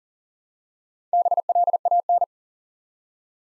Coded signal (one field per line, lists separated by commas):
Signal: Morse code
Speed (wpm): 40 wpm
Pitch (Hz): 700 Hz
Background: none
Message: BLAN